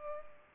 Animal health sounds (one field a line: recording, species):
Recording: mosquito wingbeat signal from an infrared sensor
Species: Culex pipiens